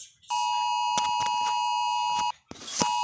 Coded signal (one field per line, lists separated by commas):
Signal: Emergency Alert System (SAME) tones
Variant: 853 and 960 Hz attention tone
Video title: rating EAS alarms